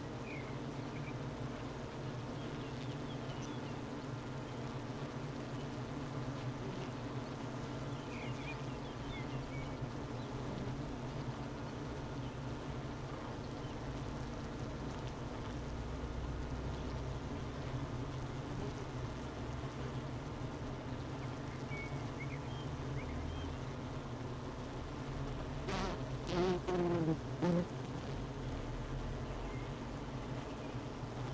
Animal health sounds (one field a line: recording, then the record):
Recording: honeybee colony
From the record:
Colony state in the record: missing queen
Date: 31 May 2018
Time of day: 12:16